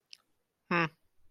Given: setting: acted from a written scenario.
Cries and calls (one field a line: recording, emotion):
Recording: vocal sound without words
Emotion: neutral